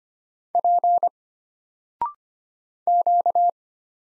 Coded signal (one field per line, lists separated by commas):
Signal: Morse code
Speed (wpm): 25 wpm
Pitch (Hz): 700 Hz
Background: none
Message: P Q